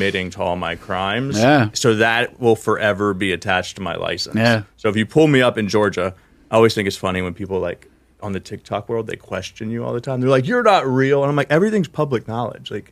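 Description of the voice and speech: An adult man speaks conversationally at an ordinary pace with low-pitched, clear voicing and natural short pauses. Articulation and fluency sound typical, with no repetitions, blocks or slurring. Another voice briefly interjects agreement.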